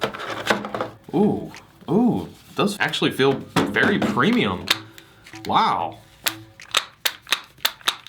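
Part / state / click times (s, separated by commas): headphone ear cup hinge locking into the unfolded position / seated / 7.1 s, 7.7 s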